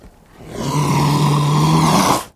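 Leopard making a single rough, rasping call, with a low steady tone beneath a broad grating sound.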